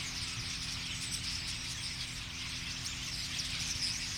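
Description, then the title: Common starling flock, dense high twittering with scattered squeaky whistles over a low hum and rumble. Flock singing in a tree in Boldixumstieg, Nieblum, Germany; cars in background; Zoom H3-VR. "Boldixumstieg, 25938 Nieblum, Deutschland - Ein Vogelschwarm Stare. A flock of birds starlings"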